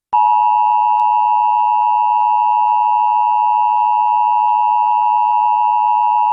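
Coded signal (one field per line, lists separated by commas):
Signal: Emergency Alert System (SAME) tones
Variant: 853 and 960 Hz attention tone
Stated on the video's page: Mock National Periodic Test, made with EASyKIT and Audacity.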